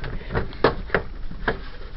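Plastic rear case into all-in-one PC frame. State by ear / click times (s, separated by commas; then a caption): seated / 0.6 s, 0.9 s, 1.5 s. The back plastic case of an Acer Aspire AZ5101 all-in-one PC is pressed back onto its frame one-handed, with some effort. Sharp plastic snaps ring out at about 0.7, 1.0 and 1.5 seconds over a soft background rustle. The clips snap in and the case is seated.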